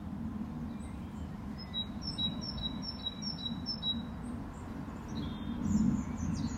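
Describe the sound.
Bird giving a quick run of high, thin chirps in a row, then a brief scratchy note near the end, over a steady low rumbling background.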